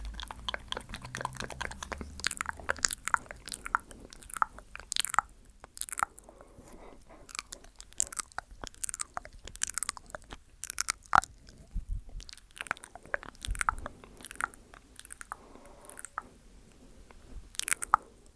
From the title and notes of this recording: ASMR Mouth Sounds For People Without Headphones.